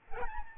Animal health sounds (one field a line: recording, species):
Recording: mosquito wingbeat signal from an infrared sensor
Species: Aedes albopictus